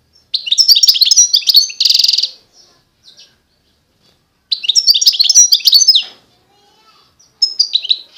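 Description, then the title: European goldfinch singing fast liquid twitters and chirps, a brief buzzy rattle early on, then a pause before another bright twittering phrase and a short final burst. Wild bird. "اجمل غناءالحسون الخلويchant chardonneret sauvage"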